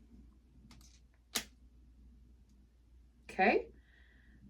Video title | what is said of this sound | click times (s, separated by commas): Using 2 Pens For Injection Multiple Pens To Make One Dose Mounjaro Zepbound Ozempic Wegovy | Listen for that second click, which it did, and I can see the needle. | 1.4 s